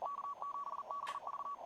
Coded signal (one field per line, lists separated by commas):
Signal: Morse code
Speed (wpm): 40 wpm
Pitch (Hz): 1130 Hz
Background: radio noise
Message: K7BV